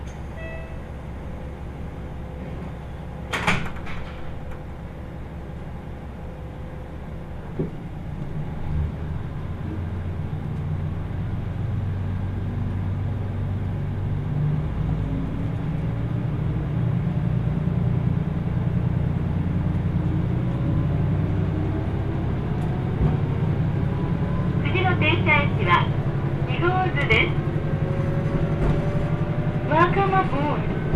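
Onboard the Kyushu Odan limited express on the Hohi Line, a low diesel rumble runs throughout, with a steady whine that cuts out near 7 seconds. From about 15 seconds the engine note climbs as the train accelerates, and brief bright squeals or voices appear near 25–30 seconds.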